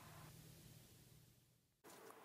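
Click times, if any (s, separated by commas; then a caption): none. A SO-DIMM RAM module, already angled into the memory slot of an Apple MacBook Pro laptop, is being handled before it is pressed down flat under the side latches. Steady broadband hiss with a low hum fades slightly toward 1.8 s, then the noise returns abruptly. Nothing has seated or clicked yet.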